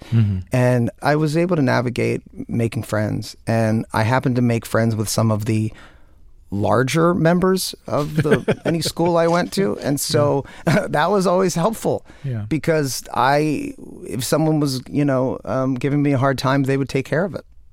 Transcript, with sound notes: And I was able to navigate making friends. And I happened to make friends with some of the larger members of the...
(Laughter).
...Any school I went to. And so that was always helpful...
Yeah.
...Because I - if someone was, you know, giving me a hard time, they would take care of it.